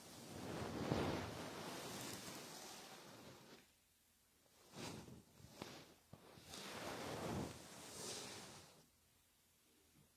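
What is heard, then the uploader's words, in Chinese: A soft feather stick brushes against the microphone in slow, breathy swishes that sound like gusts or surf. A long sweep fills the first three and a half seconds, short strokes follow near five seconds, and another long sweep runs until nearly nine seconds, with hushed pauses between. 温柔的鹅毛棒！耳朵清洁。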